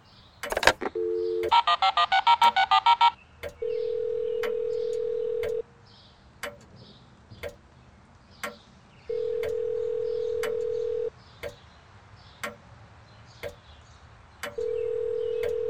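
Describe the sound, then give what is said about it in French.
A cellphone number is dialed with a quick run of beeping keypad tones, then a low, steady ring tone sounds in long bursts, three times, with no answer, over faint regular ticking. “Je peux toujours essayer le cellulaire du copain annonceur.”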